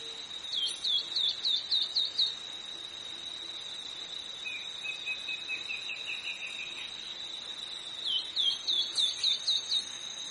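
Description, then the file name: Long-winged antwren song: short series of quick, rising chevron notes, then a lower series and another high burst, over a steady high insect whine. "canto da choquinha de asa comprida"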